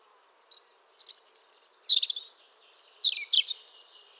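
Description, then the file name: European robin singing a high, tinkling phrase that opens with a few soft notes, then runs through rapid, varied warbles and thin sliding whistles. Background is quiet. "Erithacus rubecula"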